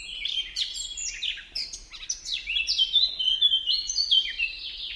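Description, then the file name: Eurasian blackcap song: a rich, fast warble of varied whistled and scratchy notes, rising and falling in quick tumbling phrases, with a faint low background hum. "Sylvia atricapilla"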